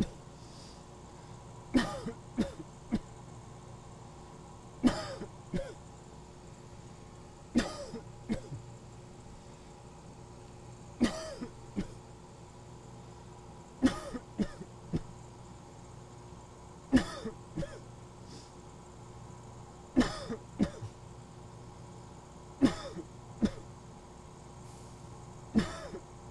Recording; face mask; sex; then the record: voluntary coughing; surgical mask; male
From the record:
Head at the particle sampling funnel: tilted up or above it, chin in front of it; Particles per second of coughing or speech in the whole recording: 0.961